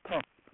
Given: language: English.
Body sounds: throat vibration sensor signal played as sound; speech

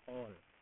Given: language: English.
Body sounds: throat vibration sensor signal played as sound; speech

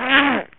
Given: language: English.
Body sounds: throat vibration sensor signal played as sound; throat clearing

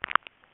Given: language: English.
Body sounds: throat vibration sensor signal played as sound; swallow

